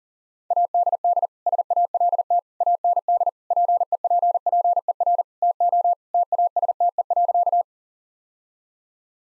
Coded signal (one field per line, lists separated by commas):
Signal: Morse code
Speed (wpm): 40 wpm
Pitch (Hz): 700 Hz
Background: none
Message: ADD SALT AND PEPPER TO TASTE.